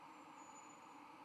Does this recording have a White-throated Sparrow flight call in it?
no